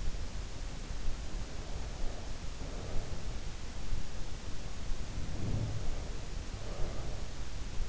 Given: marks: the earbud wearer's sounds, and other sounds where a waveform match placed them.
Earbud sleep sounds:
sounds in sleep by an in-ear microphone; breath
1.37-3.74 s: breath
5.16-6.04 s: sound from someone else or the room
6.43-7.40 s: breath

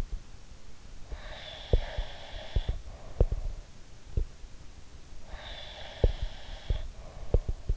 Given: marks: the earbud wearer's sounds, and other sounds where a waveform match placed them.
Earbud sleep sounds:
sounds in sleep by an in-ear microphone; breath
1.06-3.67 s: breath
1.63-4.30 s: sound from someone else or the room
5.27-7.77 s: breath
5.98-7.77 s: sound from someone else or the room

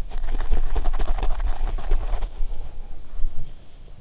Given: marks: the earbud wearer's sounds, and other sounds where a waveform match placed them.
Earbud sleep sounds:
sounds in sleep by an in-ear microphone; body movement
0.00-3.60 s: body movement

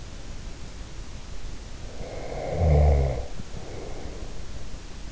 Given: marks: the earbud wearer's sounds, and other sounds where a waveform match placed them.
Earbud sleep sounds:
sounds in sleep by an in-ear microphone; snoring breath
1.80-4.49 s: snoring breath

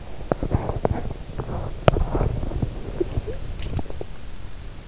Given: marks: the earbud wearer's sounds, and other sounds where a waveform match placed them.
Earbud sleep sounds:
sounds in sleep by an in-ear microphone; teeth grinding, swallowing
0.00-4.58 s: teeth grinding
2.76-4.58 s: swallowing

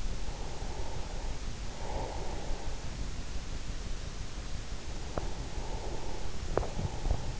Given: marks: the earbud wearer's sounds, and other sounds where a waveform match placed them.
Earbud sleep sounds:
sounds in sleep by an in-ear microphone; breath
0.20-3.28 s: breath
4.98-7.39 s: breath

